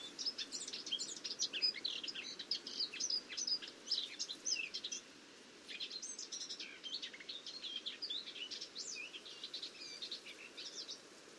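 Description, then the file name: Eurasian blackcap giving long, fast warbling phrases of scratchy twitters and slurred whistles, with a brief pause midway before the chattering song resumes. "Sylvia atricapilla"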